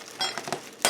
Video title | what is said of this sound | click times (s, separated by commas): PRODUCT REVIEW! VEVOR Stand Mixer! | lock our bowl into place. | 0.8 s